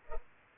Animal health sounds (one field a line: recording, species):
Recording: mosquito wingbeat signal from an infrared sensor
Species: Culex pipiens